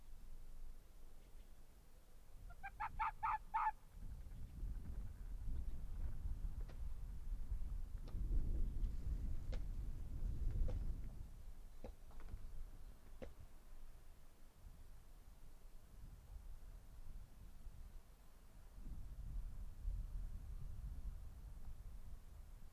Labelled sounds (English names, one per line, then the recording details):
Arctic Fox
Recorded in the wild
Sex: male
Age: adult
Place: Insel Mednyi, Kommandeur-Inseln, RU
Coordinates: 54.5167, 168.083
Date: 1999-06-29
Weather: Nebel
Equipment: Sony WM-D6C, Sennheiser ME 80, K 30 AV, Windkorb, Kopie Tascam DA 30
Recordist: Jakupi, Antje